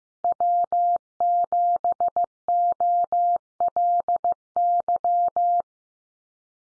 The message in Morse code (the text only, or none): W7OLY